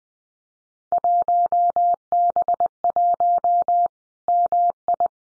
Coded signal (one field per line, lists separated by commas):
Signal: Morse code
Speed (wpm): 20 wpm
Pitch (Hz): 700 Hz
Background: none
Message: 1B1 MI